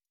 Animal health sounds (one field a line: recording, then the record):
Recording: hydrophone in a shrimp aquaculture tank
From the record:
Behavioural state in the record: stressed